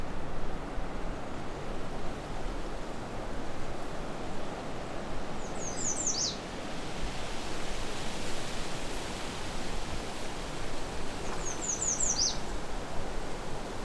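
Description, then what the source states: American Redstart singing twice, about six seconds apart: each a short run of high, thin notes ending in an emphatic downward slur, over constant low background noise. Recorded close up; one of the species' main songs; Alvar Bay, July 26, 2020.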